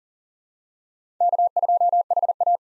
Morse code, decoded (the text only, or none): K2HA